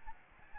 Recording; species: mosquito wingbeat signal from an infrared sensor; Aedes albopictus